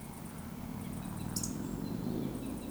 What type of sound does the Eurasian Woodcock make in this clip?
whistle, croak